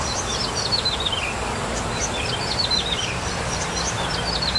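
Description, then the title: Bar-winged prinia singing rapid high phrases that slide downward, one after another, against a constant hiss. "Suara Burung Ciblek"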